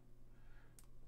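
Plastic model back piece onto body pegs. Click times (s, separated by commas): 0.8 s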